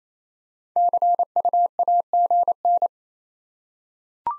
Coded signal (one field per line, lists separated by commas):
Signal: Morse code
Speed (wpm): 28 wpm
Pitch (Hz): 700 Hz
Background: none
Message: CUAGN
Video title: Top 20 QSO Elements 28wpm